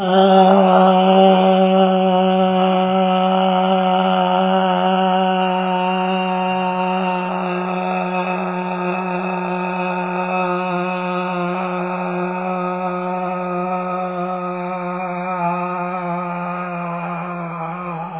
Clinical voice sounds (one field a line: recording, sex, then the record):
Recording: sustained vowel /a/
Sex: male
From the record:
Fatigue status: fatigue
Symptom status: symptomatic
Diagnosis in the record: COVID-19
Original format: 3gp